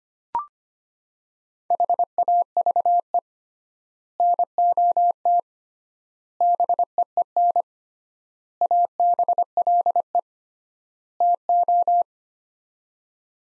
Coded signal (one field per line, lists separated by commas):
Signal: Morse code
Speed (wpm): 25 wpm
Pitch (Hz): 700 Hz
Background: none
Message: HAVE NOT BEEN ABLE TO